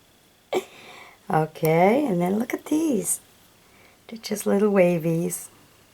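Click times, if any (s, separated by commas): none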